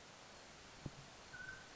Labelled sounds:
Mountain Quail (Oreortyx pictus)
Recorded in Sonoma County, California

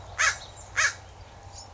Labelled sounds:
American Crow (Corvus brachyrhynchos)
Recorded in Sonoma County, California

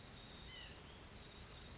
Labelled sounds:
White-breasted Nuthatch (Sitta carolinensis)
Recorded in Sonoma County, California

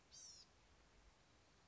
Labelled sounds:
Blue-gray Gnatcatcher (Polioptila caerulea)
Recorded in Sonoma County, California

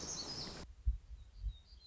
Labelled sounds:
Black-throated Gray Warbler (Setophaga nigrescens)
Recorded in Sonoma County, California

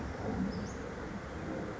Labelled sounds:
Western Flycatcher (Empidonax difficilis)
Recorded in Sonoma County, California

